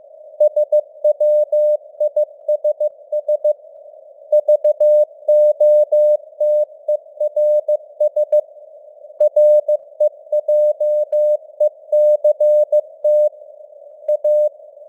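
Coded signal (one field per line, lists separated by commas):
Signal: Morse code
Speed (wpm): 15 wpm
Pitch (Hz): 600 Hz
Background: none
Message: SWISS VOTERS REJECT A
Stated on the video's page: News headlines in Morse at 15 wpm with simulated radio noise and varying signal strength (QSB).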